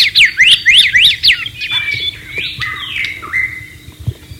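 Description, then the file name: White-rumped shama song opening with several loud repeated rising-and-falling whistles, then softer varied phrases fading out. Wild bird, recorded in the wild. "suara burung murai batu di alam liar"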